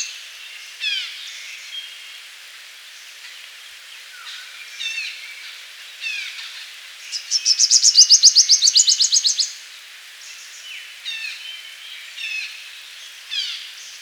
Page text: Purple Sunbird Song. Quick Sounds library